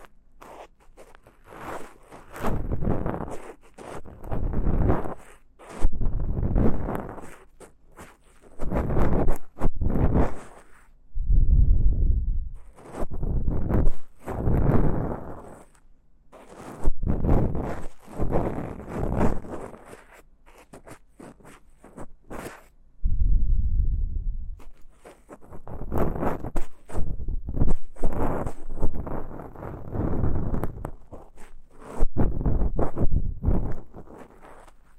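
Ear cleaning with a fluffy bonten and horsehair brush: soft scratching and brushing strokes come in quick bursts of a second or two, separated by brief pauses. Around 11 and 23 seconds the strokes stop, leaving low muffled rubbing before the bright scratching resumes.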